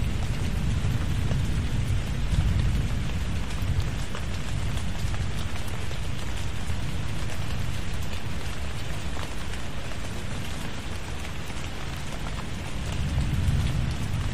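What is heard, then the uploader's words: Heavy tropical rain pours down steadily throughout, a dense hiss flecked with crisp drops striking surfaces. Beneath it a deep, rolling rumble of distant thunder swells near the start and again toward the end, while the overall loudness barely changes. Tropical Thunderstorm With Rain Sounds.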